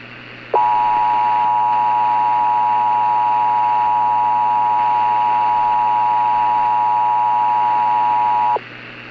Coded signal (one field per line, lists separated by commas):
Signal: Emergency Alert System (SAME) tones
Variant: 853 and 960 Hz attention tone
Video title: [EAS] CIVIL EMERGENCY MESSAGE 7/18/2024 (REAL)